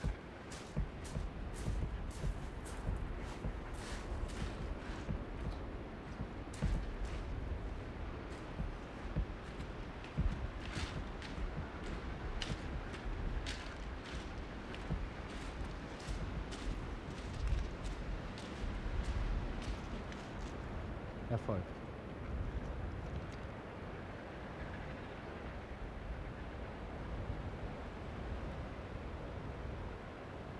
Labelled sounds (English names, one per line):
Arctic Fox